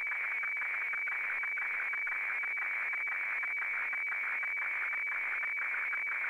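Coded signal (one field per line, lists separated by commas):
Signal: weather fax (radiofax)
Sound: steady high whine with rapid rhythmic scratchy warbling, ticking about twice a second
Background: radio static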